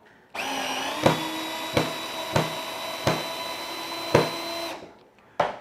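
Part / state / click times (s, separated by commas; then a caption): wood screw driven into wood with a drill/driver / stripped / none. A cordless drill/driver drives a wood screw into wood, its motor whining steadily from about 0.3 to 4.7 s with sharp knocks at about 1.1, 1.8, 2.4, 3.1 and 4.2 s, then a short sharp knock at 5.4 s after it stops. The clutch never slips, and the screw keeps turning but stops advancing. The hole in the wood has stripped, with the screw acting like a drill bit, so nothing has seated or clicked yet.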